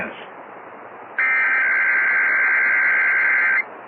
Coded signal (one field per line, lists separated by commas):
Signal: Emergency Alert System (SAME) tones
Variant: header bursts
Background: speech